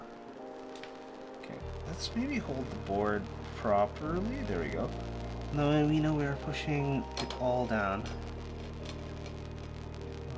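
A keyboard switch is being handled over a soldered PCB, its pins to be pressed down into press-fit hotswap sockets, while someone talks over a steady tonal hum. A few faint ticks occur near the end, but nothing has seated or clicked into the sockets yet.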